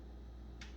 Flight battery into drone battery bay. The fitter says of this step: and then place it in, and then you make sure you hear those clicks